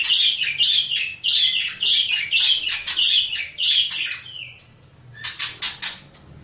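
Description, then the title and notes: Oriental magpie-robin song: rapid strings of scratchy, chattering notes in lively repeated phrases, a short pause, then a few sharp high notes. Champion oriental magpie-robin singing in lively, energetic 'gacor' style; a selected master recording for training other birds. "Kacer Juara Gacor. Kumpulan Suara Burung Masteran Pilihan"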